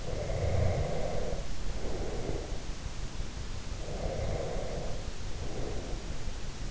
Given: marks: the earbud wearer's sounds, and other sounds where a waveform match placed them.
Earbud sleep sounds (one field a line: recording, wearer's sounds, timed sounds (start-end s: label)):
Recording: sounds in sleep by an in-ear microphone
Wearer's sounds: breath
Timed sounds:
0.00-2.64 s: breath
3.74-6.46 s: breath